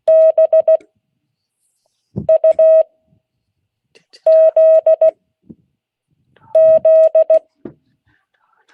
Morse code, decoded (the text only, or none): BUZZ